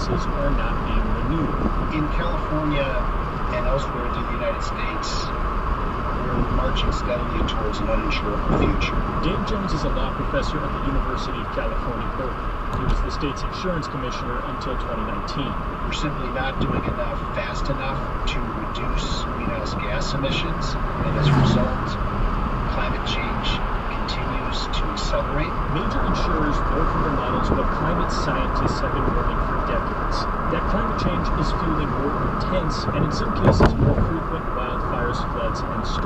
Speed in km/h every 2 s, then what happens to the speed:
72, 76, 74, 74, 74, 72, 66, 64, 63, 66, 68, 68, 72, 71, 69, 69, 64, 61.
0-8 steady at about 74. 8-13 slows to 64. 13-25 speeds up to 72. 25-36 slows to 61.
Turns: none.